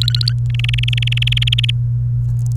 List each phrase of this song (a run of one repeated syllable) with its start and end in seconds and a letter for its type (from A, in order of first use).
0.01-0.33 A, 0.50-1.70 B